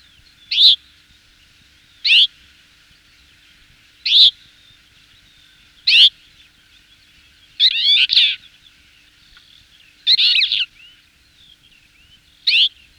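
Twite calls: a series of brief, sharp twangy notes every one to two seconds, with two longer buzzy twittering phrases mixed in; otherwise quiet.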